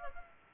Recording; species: mosquito wingbeat signal from an infrared sensor; Culex pipiens